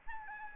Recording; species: mosquito wingbeat signal from an infrared sensor; Aedes albopictus